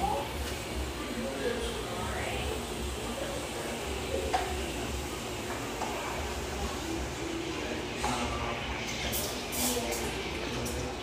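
Lively coffeeshop ambience with a steady, dense murmur of overlapping voices that never drops out. Scattered clinks and brief sharp knocks rise above the chatter, with a cluster of bright clattering sounds near the end.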